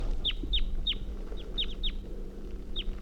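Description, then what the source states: Red Crossbill calls: sharp, down-slurred chips repeated several times a second in loose bursts, over a low steady background hum. Type 2; female flying up the hill after leaving the nest, probably to meet the male, 7:15 p.m.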